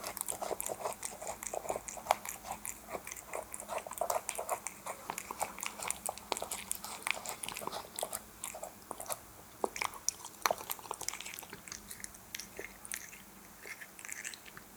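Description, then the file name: Cat eating wet food, a steady run of moist chewing clicks, thinning toward the end. "Animals Cat Eating Wet Food"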